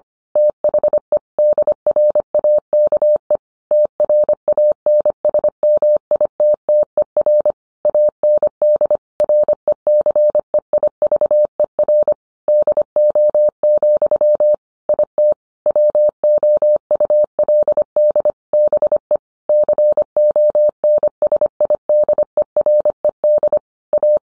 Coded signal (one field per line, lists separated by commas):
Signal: Morse code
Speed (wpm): 25 wpm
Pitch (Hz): 600 Hz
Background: none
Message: THE DRAKE TRANSMITTER AND RECEIVER DO, IT WOULD BE CONSIDERED A